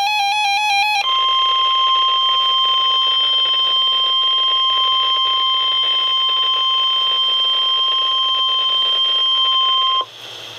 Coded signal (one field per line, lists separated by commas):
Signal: Emergency Alert System (SAME) tones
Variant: 1050 Hz attention tone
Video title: Severe Thunderstorm Warning for SE PA [EAS 606] | NOAA Weather Radio (9/18/2012)